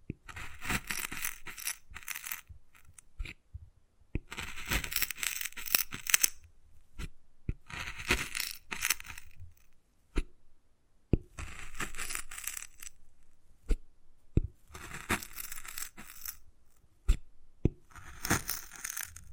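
Wood carving with bursts of bright, rasping scratching that come and go every few seconds, each lasting one to two seconds. Sharp, isolated taps cut in between them, some louder than others, roughly every second or two, with brief quiet gaps throughout.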